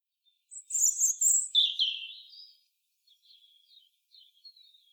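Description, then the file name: European robin song: a bright, high, tumbling phrase of thin notes sliding downward, followed by a few soft, faint twittering notes trailing off. "Erithacus rubecula"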